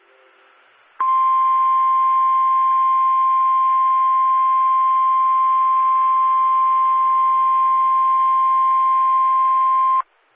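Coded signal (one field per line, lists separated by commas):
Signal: Emergency Alert System (SAME) tones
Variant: 1050 Hz attention tone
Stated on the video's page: Valid EAS tones for a severe thunderstorm warning for Orange County, NY.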